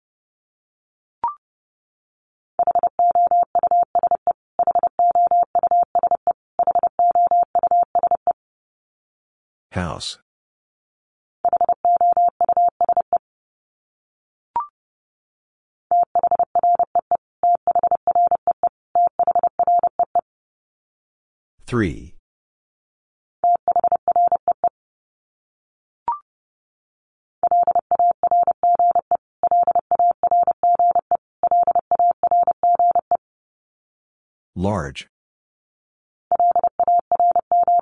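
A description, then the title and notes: A word sent in Morse code repeats three times, a steady mid-pitched tone keyed into rapid beeps in groups. Each pass opens with a short higher blip, and a brief sweeping swoosh falls from high to low between repetitions, around 10, 22 and 35 seconds. Top 500 Words Repeated 30wpm. First, the word is sent three times in Morse code.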